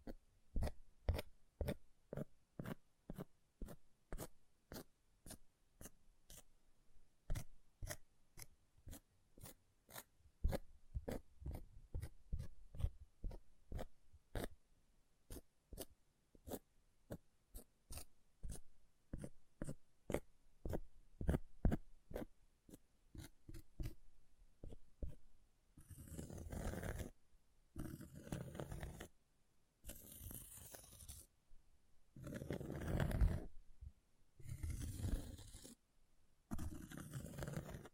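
An object being scratched in quick, regular strokes, about two or three per second, each a short crisp rasp, for roughly the first 25 seconds. After that the scratching turns into longer, rougher bursts of a second or two, separated by brief silences.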